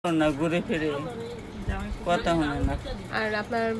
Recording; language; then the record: elicited speech; Bengali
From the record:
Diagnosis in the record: Broca's or global aphasia after a stroke